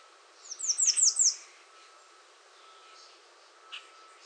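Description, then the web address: American redstart song: a fast run of several high, sharply slurred notes, followed by quiet with a faint call and a steady tone in the background. Recorded 21 June 2019. "soundrecordings 2019-06-21 American Redstart"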